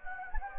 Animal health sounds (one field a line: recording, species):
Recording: mosquito wingbeat signal from an infrared sensor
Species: Anopheles gambiae